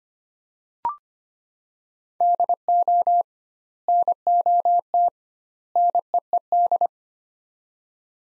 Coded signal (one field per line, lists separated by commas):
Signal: Morse code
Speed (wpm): 25 wpm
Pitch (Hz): 700 Hz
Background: none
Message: DO NOT NEED